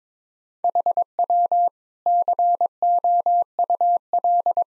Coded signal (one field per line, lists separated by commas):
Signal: Morse code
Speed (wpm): 22 wpm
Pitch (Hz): 700 Hz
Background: none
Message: HW COUL